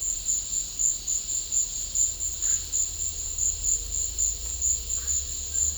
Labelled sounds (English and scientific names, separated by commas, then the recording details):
none
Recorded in pastures near Puerto Asís, Putumayo, Colombia, on 20 December 2024 at 14:30
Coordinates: 0.496, -76.326
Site G004